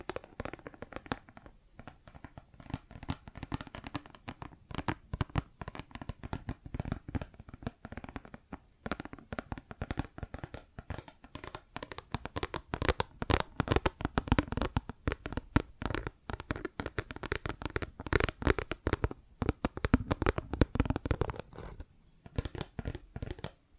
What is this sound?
Plastic Objects Tapping and Scratching